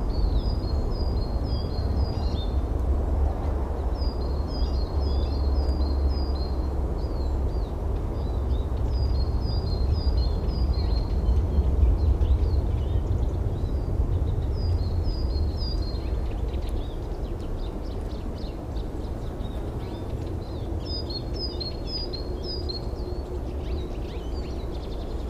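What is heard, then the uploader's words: Birds call in a forest, one bright, high chirping phrase repeating every few seconds, around 0, 4, 9, 14 and 21 seconds, with scattered fainter calls between. Underneath, a steady low rumble fills the whole clip, easing slightly after the midpoint. Vogelstimmen werden langsam immer mehr und die Sonne wärmt die Luft im Wald. Spring seems to be almost here again. Bird calls are slowly increasing and the sun is warming the air in the forest.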